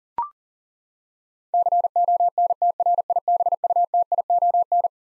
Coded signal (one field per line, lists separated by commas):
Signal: Morse code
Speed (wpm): 38 wpm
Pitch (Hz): 700 Hz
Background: none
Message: CONTRIBUTION